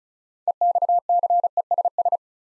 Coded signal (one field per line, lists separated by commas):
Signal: Morse code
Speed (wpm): 36 wpm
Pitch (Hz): 700 Hz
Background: none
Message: EXCESS